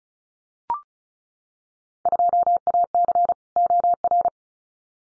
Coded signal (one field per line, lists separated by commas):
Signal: Morse code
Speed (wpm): 36 wpm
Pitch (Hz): 700 Hz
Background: none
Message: 2AC OR